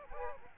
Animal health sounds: mosquito wingbeat signal from an infrared sensor; Aedes aegypti

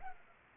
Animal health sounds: mosquito wingbeat signal from an infrared sensor; Culex pipiens

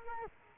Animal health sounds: mosquito wingbeat signal from an infrared sensor; Culex quinquefasciatus

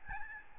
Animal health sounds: mosquito wingbeat signal from an infrared sensor; Aedes albopictus

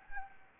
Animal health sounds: mosquito wingbeat signal from an infrared sensor; Anopheles gambiae

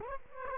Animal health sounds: mosquito wingbeat signal from an infrared sensor; Culex quinquefasciatus

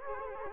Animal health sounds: mosquito wingbeat signal from an infrared sensor; Culex quinquefasciatus

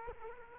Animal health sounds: mosquito wingbeat signal from an infrared sensor; Culex quinquefasciatus

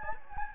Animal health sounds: mosquito wingbeat signal from an infrared sensor; Anopheles gambiae

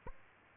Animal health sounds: mosquito wingbeat signal from an infrared sensor; Aedes albopictus

